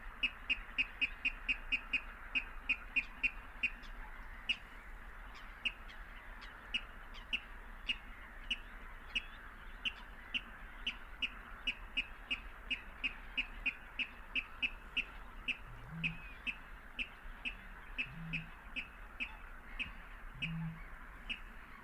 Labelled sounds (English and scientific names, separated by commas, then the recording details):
Water Rail (Rallus aquaticus) song
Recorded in the wild
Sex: male
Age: adult
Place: Kützerhof, Kummerower See, Mecklenburg-Vorpommern, DE
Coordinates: 53.8486, 12.8594
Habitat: wetland
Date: 2009-05-04 23:39
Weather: heiter, fast windstill, 6°C
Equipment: Sound Devices 702, Sennheiser MKH 70, Rycote Windschutz
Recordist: Frommolt, Karl-Heinz